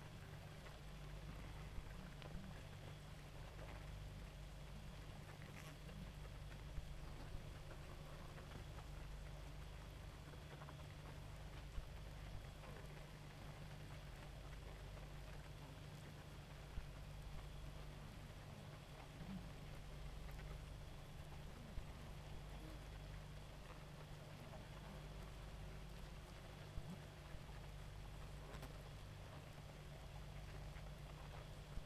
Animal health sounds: honeybee colony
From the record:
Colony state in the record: active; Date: 28 July 2017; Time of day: 2:07

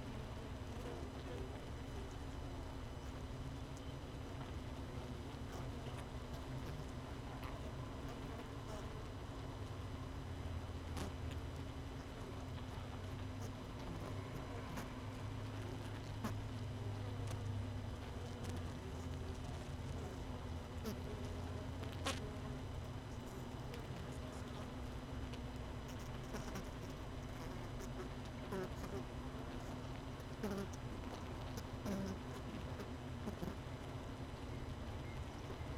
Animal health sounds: honeybee colony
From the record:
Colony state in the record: missing queen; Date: 31 May 2018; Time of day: 18:04

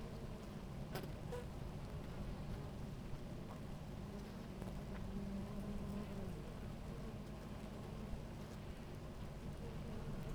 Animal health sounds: honeybee colony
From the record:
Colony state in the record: active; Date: 28 July 2017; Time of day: 17:24

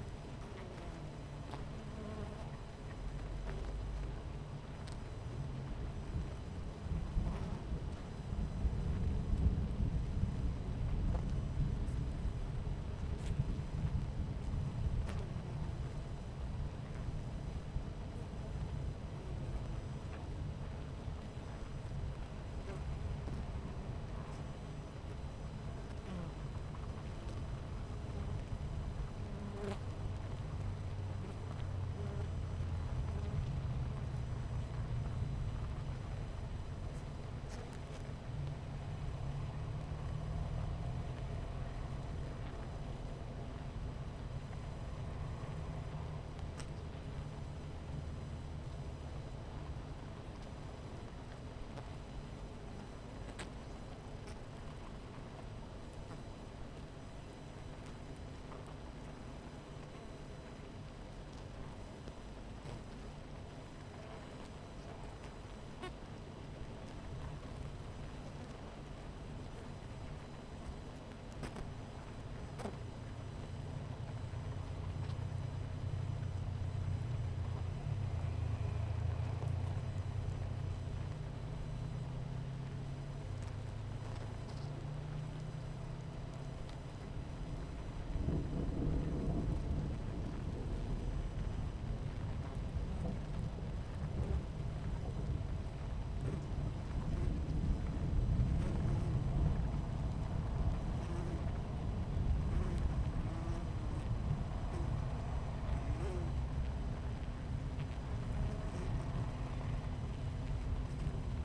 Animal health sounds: honeybee colony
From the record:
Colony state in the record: missing queen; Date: 14 July 2017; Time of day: 11:05

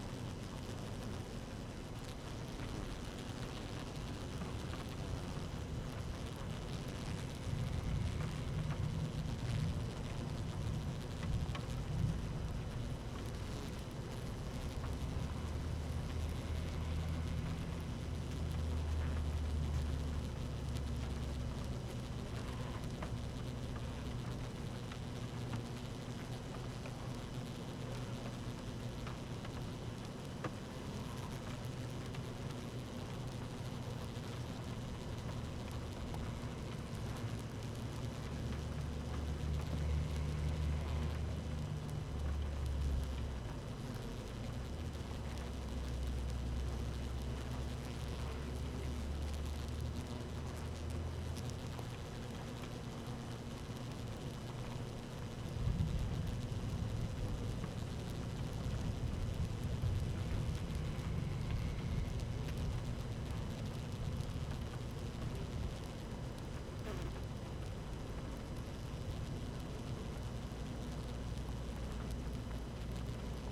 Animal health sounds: honeybee colony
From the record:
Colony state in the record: active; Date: 12 June 2018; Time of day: 13:27

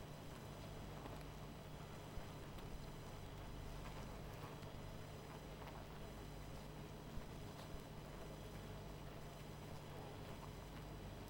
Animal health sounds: honeybee colony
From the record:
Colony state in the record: missing queen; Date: 14 July 2017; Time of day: 20:37

